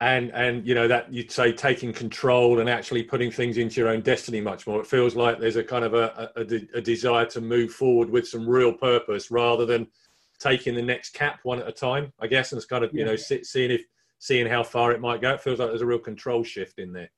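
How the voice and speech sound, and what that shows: A man speaks fluently at a relaxed conversational pace, with smooth phrasing and only brief natural pauses.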